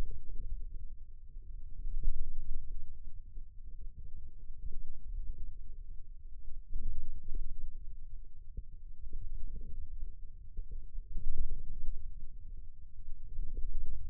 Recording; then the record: forearm muscle sounds (acoustic myography)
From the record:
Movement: ulnar deviation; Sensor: system 2, bracelet of six BSWA MPA416 microphones around the upper forearm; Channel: 1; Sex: male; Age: 22 years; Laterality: right